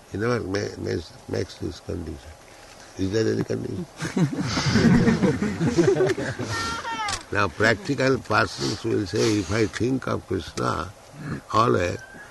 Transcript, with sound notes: He never makes this condition. Is there any condition? [laughter] Now practical persons will say, "If I think of Kṛṣṇa always,